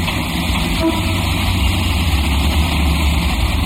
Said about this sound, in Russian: К подъезду паркуется машина. Из машины выходит мужчина.